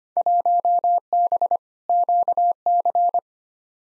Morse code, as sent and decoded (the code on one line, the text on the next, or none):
.---- -... / --.- -.-.
1B QC